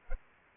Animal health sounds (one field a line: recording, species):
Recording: mosquito wingbeat signal from an infrared sensor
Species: Culex pipiens